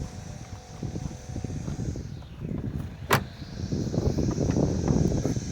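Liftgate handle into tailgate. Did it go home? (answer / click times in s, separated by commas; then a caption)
partly / 3.1 s. A replacement liftgate handle with its plastic locking mechanism is lined up and pressed into the tailgate of a 2002–2012 Chevy Avalanche, over steady low rumbling background noise. A sharp click sounds at 3.1 s, but the handle is not seated all the way and still needs tapping home.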